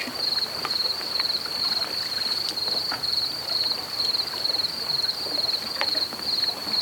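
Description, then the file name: Cricket: steady series of high, rapid trilled chirps repeating about twice each second, with faint crackles behind. Recorded at Cala Tuent. "Insectes -Grills-a-Cala-Tuent"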